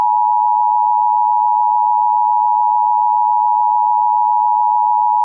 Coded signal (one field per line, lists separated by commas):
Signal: Emergency Alert System (SAME) tones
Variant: 853 and 960 Hz attention tone